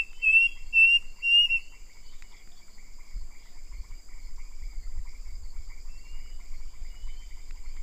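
Bird, whistled notes: three or four clear slurred whistles right at the start, then only faint chirps over a steady high hum and soft low rumble.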